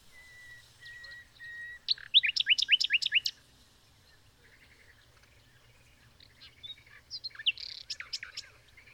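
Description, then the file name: Common nightingale song: a soft steady whistle, then a burst of loud rapid rising notes, a pause, and another short harsher phrase. "Luscinia megarhynchos"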